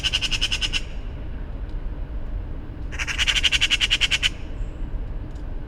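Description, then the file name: Eurasian magpie chattering: a harsh, rapid rattle of dry notes in a short burst, then a longer rattling burst about two seconds later, over steady low rumbling background noise. "Pica pica"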